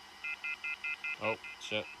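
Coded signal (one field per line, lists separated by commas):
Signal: telephone call progress tone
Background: speech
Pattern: off-hook warning tone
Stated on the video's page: Plain old telephone service lines set up on a Zhone MPX DSLAM from 2016, formerly used in a rural copper-only area.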